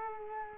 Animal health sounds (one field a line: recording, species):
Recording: mosquito wingbeat signal from an infrared sensor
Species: Culex quinquefasciatus